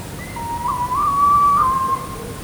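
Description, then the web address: Tawny owl giving one long, quavering hoot that holds steady and wobbles slightly before fading. At night in Perkupa, 2015; the bird was in flight. "allathangok termeszetben macskabagoly 2015 mozgasbanlevomadar ejszaka perkupa"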